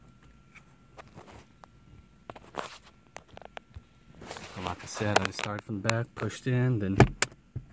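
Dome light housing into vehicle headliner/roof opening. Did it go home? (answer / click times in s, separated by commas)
no / none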